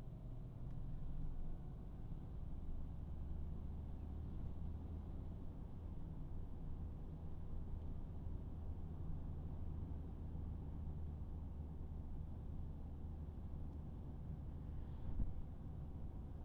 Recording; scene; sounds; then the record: everyday scene through a hearing-aid microphone; in a vehicle; engine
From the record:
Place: Berlingo II, diesel engine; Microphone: behind the ear, right, front